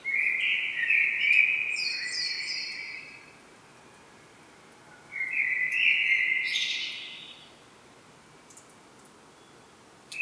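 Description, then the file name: Common blackbird song: two fluty, warbling phrases around mid pitch, each ending in a brief, higher squeaky twitter, separated by a pause of about two seconds, with faint background hiss. "Turdus merula"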